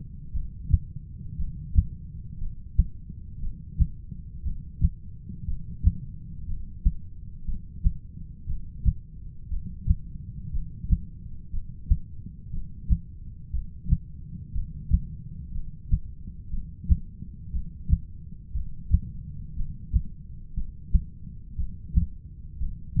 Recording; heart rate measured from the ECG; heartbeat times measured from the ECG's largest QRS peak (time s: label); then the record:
heart sounds by stethoscope; 59 bpm
0.32 s: heartbeat
1.37 s: heartbeat
2.39 s: heartbeat
3.40 s: heartbeat
4.43 s: heartbeat
5.46 s: heartbeat
6.47 s: heartbeat
7.46 s: heartbeat
8.47 s: heartbeat
9.49 s: heartbeat
10.52 s: heartbeat
11.51 s: heartbeat
12.51 s: heartbeat
13.51 s: heartbeat
14.53 s: heartbeat
15.53 s: heartbeat
16.51 s: heartbeat
17.51 s: heartbeat
18.53 s: heartbeat
19.55 s: heartbeat
20.55 s: heartbeat
21.56 s: heartbeat
22.58 s: heartbeat
From the record:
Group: heart failure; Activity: rest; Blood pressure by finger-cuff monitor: 112/75 mmHg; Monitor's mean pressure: 89 mmHg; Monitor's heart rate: 59 bpm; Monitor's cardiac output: 6.5 L/min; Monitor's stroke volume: 109 mL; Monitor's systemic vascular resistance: 1010 dyn s/cm5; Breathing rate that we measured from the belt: 13 breaths a minute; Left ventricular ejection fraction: 25%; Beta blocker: metoprolol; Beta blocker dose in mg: 62.5 twice daily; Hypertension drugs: ramipril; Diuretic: furosemide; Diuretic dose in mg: 40 twice daily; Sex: male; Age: 57 years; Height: 180 cm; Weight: 90.5 kg